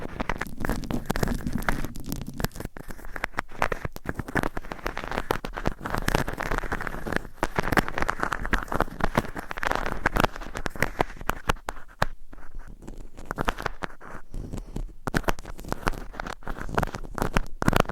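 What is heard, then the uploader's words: Constant scratching and tapping on a microphone, dense with quick irregular crackles and clicks that spray across low and high pitches. A low hum sits underneath for the first couple of seconds. The texture thins briefly around twelve seconds before resuming at full density. ASMR Mic Scratching - Brain Scratching & Tapping with Rhinestones on Mic Asmr No Talking.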